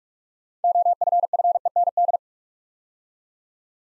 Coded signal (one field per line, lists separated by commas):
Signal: Morse code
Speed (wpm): 46 wpm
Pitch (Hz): 700 Hz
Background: none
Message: OFFEND